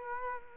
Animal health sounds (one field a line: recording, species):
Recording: mosquito wingbeat signal from an infrared sensor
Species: Culex quinquefasciatus